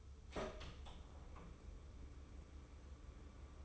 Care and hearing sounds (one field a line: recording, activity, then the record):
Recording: daily activity, microphone in the room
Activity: open door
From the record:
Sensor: 1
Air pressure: 1015.2 hPa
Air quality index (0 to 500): 140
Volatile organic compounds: 6 ppm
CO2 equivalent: 1930 ppm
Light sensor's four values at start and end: 14/32/14/15 and 14/32/14/15